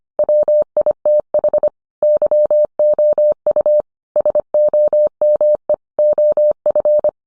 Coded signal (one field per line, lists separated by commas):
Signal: Morse code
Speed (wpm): 25 wpm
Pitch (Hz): 600 Hz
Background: none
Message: WITH YOU SOME OF